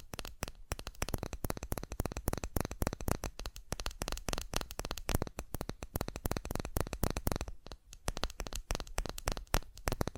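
Fast tapping in a dense, unbroken run of sharp clicks for the whole ten seconds. The taps come rapidly and unevenly, some louder and crisper than others, with a brief thinning near the eight-second mark before the flurry picks up again.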